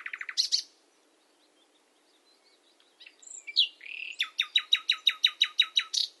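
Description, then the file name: Common nightingale song phrases: a quick buzzy burst, a quiet gap, a few varied notes, then a loud series of sharp, rapidly repeated notes. "Luscinia megarhynchos"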